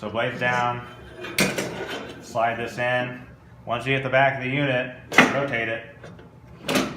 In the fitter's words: you hear it lock in and it goes in all the way now